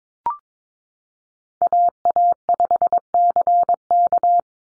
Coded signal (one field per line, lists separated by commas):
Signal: Morse code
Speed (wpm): 22 wpm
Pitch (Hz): 700 Hz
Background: none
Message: AA5CK